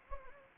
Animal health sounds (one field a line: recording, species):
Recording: mosquito wingbeat signal from an infrared sensor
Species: Anopheles gambiae